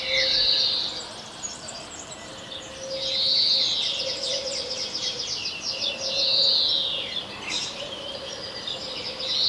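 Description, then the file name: European greenfinch giving drawn-out nasal wheezes about every three seconds, over a faint steady low hum. "Chloris chloris"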